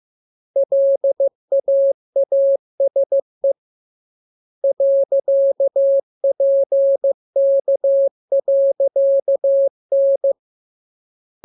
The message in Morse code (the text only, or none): LAASE .PK.N